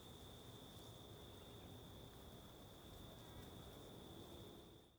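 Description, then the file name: Continuous high cricket trilling, level and unchanging, beneath loud blustery wind, fading out at the very end. Several crickets recorded as ambience at the Mirante da Antena lookout, Alto Paraíso, with wind. "Ambiencia no Mirante da Antena de Alto Paraiso com Varios Grilos e Vento"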